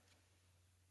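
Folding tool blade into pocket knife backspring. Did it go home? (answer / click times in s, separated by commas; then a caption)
no / none. The bottle opener/screwdriver tool of a Victorinox Tinker Swiss Army Knife 1.4603, a steel-springed slipjoint, is worked against its backspring toward its snap-in position. Only a steady low hum and faint hiss are heard, with a soft brief brush of higher sound near 0.1 s. Nothing has seated or snapped into place yet.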